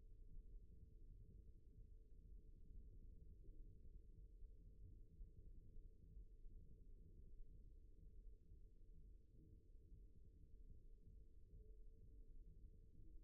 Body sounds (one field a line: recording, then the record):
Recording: forearm muscle sounds (acoustic myography)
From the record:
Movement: rest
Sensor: system 1, eight BSWA MPA416 microphones around the upper forearm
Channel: 2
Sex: male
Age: 54 years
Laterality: right